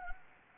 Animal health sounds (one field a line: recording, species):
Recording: mosquito wingbeat signal from an infrared sensor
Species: Anopheles gambiae